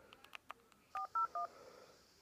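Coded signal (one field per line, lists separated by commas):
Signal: DTMF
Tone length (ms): 120 ms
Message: 401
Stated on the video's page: DTMF on a 446.150 repeater system.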